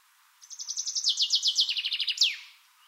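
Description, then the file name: Common chaffinch song: a bright series of repeated chirpy notes stepping down in pitch through two trill sections, ending in a sharp descending flourish, about two seconds long. "Fringilla coelebs"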